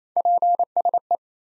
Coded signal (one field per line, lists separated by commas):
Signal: Morse code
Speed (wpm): 28 wpm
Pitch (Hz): 700 Hz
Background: none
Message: PSE